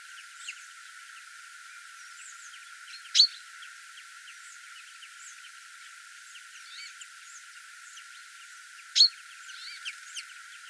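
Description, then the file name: Common chaffinch giving two short, sharp, high calls about six seconds apart, with faint bird notes in the background. "Fringilla coelebs"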